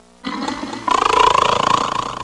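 A single rattling, fluttering snore heard from a distance, building in loudness partway through, a sound effect.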